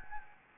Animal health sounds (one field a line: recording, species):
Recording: mosquito wingbeat signal from an infrared sensor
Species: Anopheles gambiae